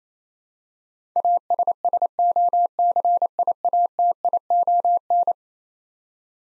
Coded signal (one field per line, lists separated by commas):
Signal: Morse code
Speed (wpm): 28 wpm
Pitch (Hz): 700 Hz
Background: none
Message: ASSOCIATION